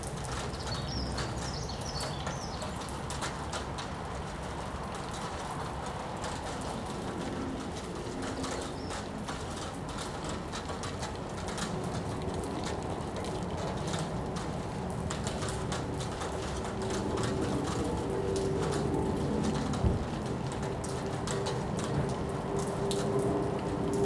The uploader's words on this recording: Rain outside work this afternoon.